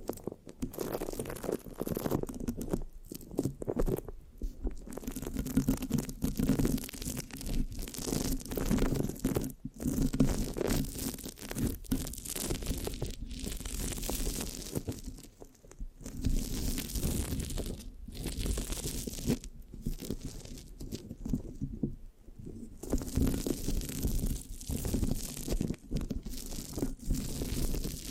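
Scratching and sticky tapping against a microphone, with no talking, runs continuously for the whole stretch. Dense crackly rubbing and tacky peeling sounds come in quick irregular bursts, broken by brief pauses around 4, 10, 16 and 22 seconds, over a steady low hum.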